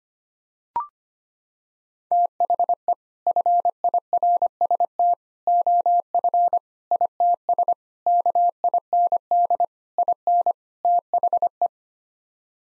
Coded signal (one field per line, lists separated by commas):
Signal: Morse code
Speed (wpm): 25 wpm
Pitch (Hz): 700 Hz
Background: none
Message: THE FIRST OF ITS KIND IN THE